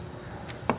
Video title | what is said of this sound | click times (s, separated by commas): etrailer - 2022 Ford Edge Yakima JetStream Crossbars: Complete Installation | so we want to pull that out until it clicks | 0.7 s